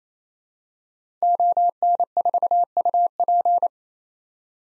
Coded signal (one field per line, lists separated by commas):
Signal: Morse code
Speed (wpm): 28 wpm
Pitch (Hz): 700 Hz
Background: none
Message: ON4UP